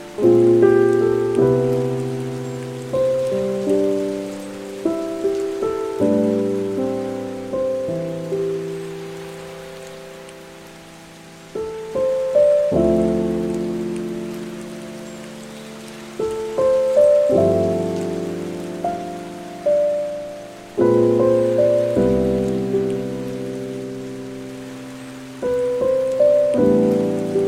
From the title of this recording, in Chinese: 3D白噪音，钢琴和雨声